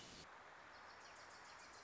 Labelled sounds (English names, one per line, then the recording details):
Wilson's Warbler
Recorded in Sonoma County, California